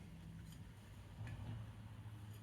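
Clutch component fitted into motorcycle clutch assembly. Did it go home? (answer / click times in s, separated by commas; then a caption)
no / none. A clutch component is fitted into the clutch assembly of a Triumph Bonneville T140V motorcycle and simply falls into place, unlike the earlier part that snapped in. Over a steady low hum, only a brief soft sound is heard around 1.3 s. Nothing snaps or clicks into place.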